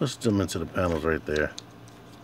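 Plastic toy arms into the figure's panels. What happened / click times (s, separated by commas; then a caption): Plastic arms handled, not yet seated: no seating click / none. Someone talks while handling a Combiner Wars Constructicon Scrapper transforming robot toy, pushing its plastic arms into the figure's side panels. Nothing has seated or clicked into place yet.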